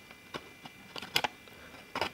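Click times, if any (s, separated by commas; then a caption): none. The hinged lid of the plastic case of a freshly unsealed 1990 Sony Super EF audio cassette is opened by hand, with a few short, sharp taps and rustles around 1.0–1.3 s and again near 2.0 s. No click is heard: the case simply opens without seating or clicking, possibly because the box is cracked.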